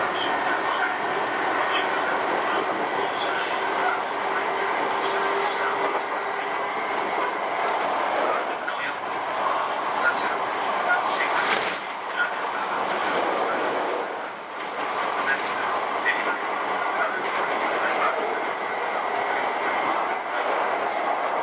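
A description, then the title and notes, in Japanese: Recorded aboard a commuter train running between stations, with a steady, dense rumble and rushing noise filling the whole clip. A faint motor whine sits under the noise for the first several seconds, and brief quieter dips near 12 and 14 seconds interrupt the constant ride. 相鉄7000系 横浜ー大和。車体アルミ製20m長の車体。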